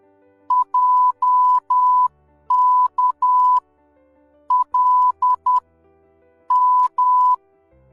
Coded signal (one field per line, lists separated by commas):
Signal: Morse code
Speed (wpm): 10 wpm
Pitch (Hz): 1000 Hz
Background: music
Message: JKLM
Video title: Morse Code (CW)